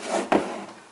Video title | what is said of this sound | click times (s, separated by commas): Asus Q304UA/UAK Overheating Fix + RAM/SSD Upgrade | it back on push it down until it clicks all | 0.3 s